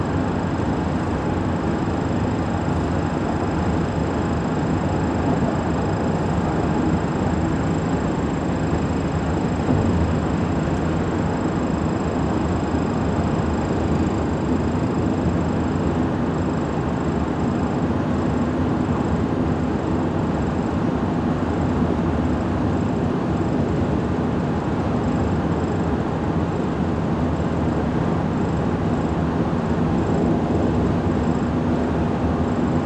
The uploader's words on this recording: Travel with me from Central Phoenix to my office in Chandler, Arizona. It’s mostly highway so great amount of ambient sounds coming from the road in my Ford F-150 pickup truck.